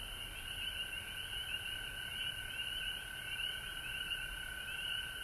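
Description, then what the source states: Frogs trilling in chorus, rapid pulsed calls overlapping above a steady high ringing note. Recorded at home in Georgia on March 19, 2020.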